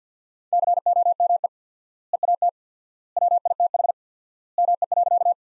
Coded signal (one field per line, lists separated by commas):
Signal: Morse code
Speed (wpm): 50 wpm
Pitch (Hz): 700 Hz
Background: none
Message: COME EAT WITH ME.